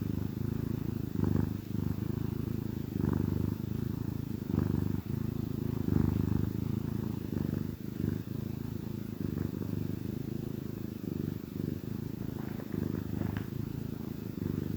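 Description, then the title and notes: Cat purring steadily, low rumbling pulses rising and falling with each breath over a quiet background. Gentle purrs of a contented cat. "Cat Cafe Purr-Finale. the gentle purrs of a contented cat"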